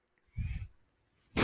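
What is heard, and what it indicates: A short, low, muffled whoosh lasting about half a second, with a faint hiss, followed by quiet and then the start of a louder sound. This is the mechanical breath delivered by a man's own home ventilator.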